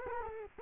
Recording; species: mosquito wingbeat signal from an infrared sensor; Culex quinquefasciatus